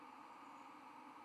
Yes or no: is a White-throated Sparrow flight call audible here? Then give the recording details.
no. No flight call is heard. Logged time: 03:08 on 17 November 2014